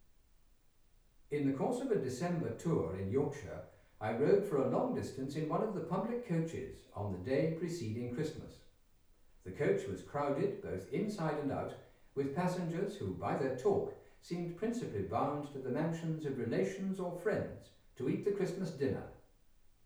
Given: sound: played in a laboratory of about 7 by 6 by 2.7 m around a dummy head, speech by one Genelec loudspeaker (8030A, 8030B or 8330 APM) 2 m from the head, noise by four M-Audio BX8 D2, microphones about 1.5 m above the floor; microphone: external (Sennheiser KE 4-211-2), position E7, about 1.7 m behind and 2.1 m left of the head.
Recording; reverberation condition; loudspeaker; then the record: male speech in English; medium; in front (0 degrees)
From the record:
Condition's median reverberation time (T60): about 510 ms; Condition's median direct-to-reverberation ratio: about -0.5 dB